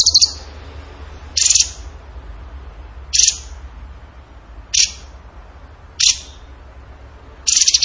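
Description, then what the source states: Bird giving six short, high chirpy bursts, roughly one and a half seconds apart. Training song (masteran) in the tembakan gacor style.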